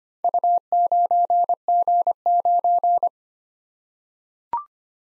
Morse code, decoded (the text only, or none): U9G9